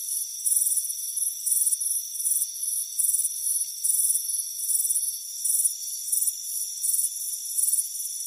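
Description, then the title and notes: Shrill cricket chirps come in loud bursts over a steady ringing background. Crickets chirping on a warm afternoon, heard from a front porch. "Soothing Crickets Chirping Sound. It's a warm afternoon as you relax in a hammock on the front porch. Relax and fall asleep to the soothing sound of chirping crickets. Deep Sleep Sounds"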